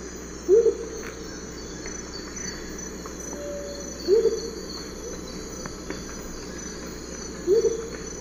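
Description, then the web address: Amazonian motmot giving brief low hooting notes, three spaced roughly three and a half seconds apart, against constant insect buzzing. Hoot song; eastern lowlands of South America. "Natures Songs S America Eastern Lowlands. Momotus momota, hoot song"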